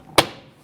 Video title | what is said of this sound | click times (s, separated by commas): How to Replace Rear Door Lock Actuator & Integrated Latch 2012-2017 Toyota Camry | press it down it'll lock in once this is locked in we can now go ahead and install our | 0.2 s